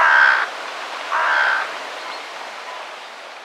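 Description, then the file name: Carrion crow calling with two rasping caws, the second following about a second after the first, then steady background hiss. "Corvus corone"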